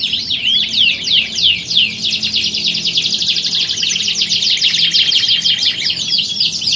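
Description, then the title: Canary song: fast high trills and down-slurred chirps run on continuously, phrases layered over one another with a steady thin whistle at times. Belgian canary song played as a warm-up to get canaries singing, used to simulate a singing contest and train contest canaries' mental readiness. "Canto Para Esquentar Canário Belga. Simulasi Lomba Kenari. Suara Kenari Lomba. Melatih Mental Kenari Juara"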